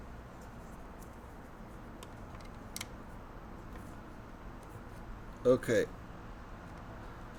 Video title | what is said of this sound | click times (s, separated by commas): LEGO Build - Star Wars Set 75382 - UCS TIE Interceptor - Part 6 of 8 | that piece is clicked into place. | 2.8 s